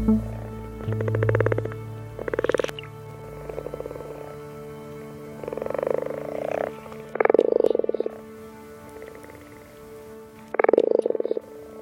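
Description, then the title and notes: Frog croaks in short rattling pulsed bursts, several spread a few seconds apart, with a faint steady tonal hum underneath. Frogs at the Vinegar Pond on Mousehold Heath, an ancient heathland on the outskirts of Norwich; the pond is a breeding ground in early spring. "Unearthings. Mousehold Heath, an ancient area of heathland on the outskirts of Norwich. the Vinegar Pond is a breeding ground for frogs in the early spring"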